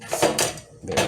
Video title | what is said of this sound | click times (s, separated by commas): Insignia 5 Qt. Analog Air Fryer by Best Buy electronics for my Apartment | There you go, so it locks in place. | 0.4 s